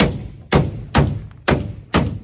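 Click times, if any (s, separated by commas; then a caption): 0.5 s, 1.0 s, 1.5 s. A new plastic top cap is pressed onto the top of a truck tailgate, and its clips snap in with a series of sharp, percussive thumps. The cap snaps in at about 0.5, 1.0 and 1.5 seconds, with further thumps at the start and near 2.0 seconds. The cap ends up seated in place.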